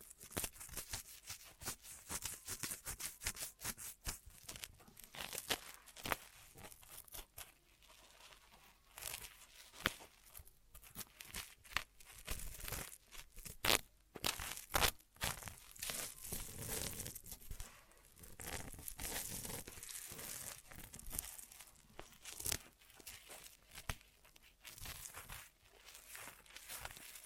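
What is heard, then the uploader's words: Ear massage triggers give dense, uneven crinkling and rustling bursts throughout, bright and crackly, with brief louder scrapes around fourteen and twenty seconds. Ear Massage Triggers.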